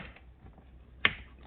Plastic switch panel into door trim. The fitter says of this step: hear it all click,